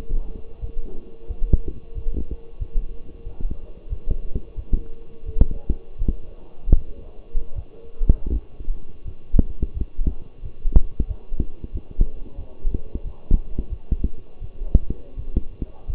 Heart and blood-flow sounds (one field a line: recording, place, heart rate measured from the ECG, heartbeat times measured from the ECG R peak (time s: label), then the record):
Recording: heart sounds by stethoscope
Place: between the tricuspid and mitral areas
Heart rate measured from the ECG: 87 bpm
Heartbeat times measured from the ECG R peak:
0.60 s: heartbeat
1.27 s: heartbeat
1.94 s: heartbeat
2.59 s: heartbeat
3.24 s: heartbeat
3.89 s: heartbeat
4.56 s: heartbeat
5.25 s: heartbeat
5.98 s: heartbeat
6.73 s: heartbeat
7.54 s: heartbeat
8.29 s: heartbeat
9.04 s: heartbeat
9.73 s: heartbeat
10.41 s: heartbeat
11.07 s: heartbeat
11.72 s: heartbeat
12.36 s: heartbeat
13.03 s: heartbeat
13.69 s: heartbeat
14.40 s: heartbeat
15.15 s: heartbeat
15.86 s: heartbeat
From the record:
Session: walking at 3.7 km/h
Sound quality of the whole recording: partially saturated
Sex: male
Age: 24 years